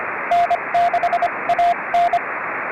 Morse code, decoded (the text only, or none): N6AN